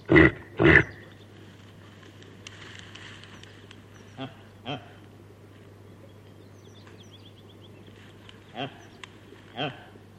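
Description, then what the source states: Reindeer giving two loud rasping grunts close together, followed after a pause by several much fainter grunts spread through the rest of the recording. Female reindeer calling to her calf.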